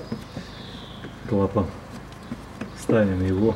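On a 2003 Toyota Harrier ACU35 2.4 during throttle body cleaning, a valve is put back on its rubber mount while an air intake hose is handled toward its fitting on the throttle body area. Someone talks over faint handling noises and a few brief taps. Nothing has seated or clicked yet.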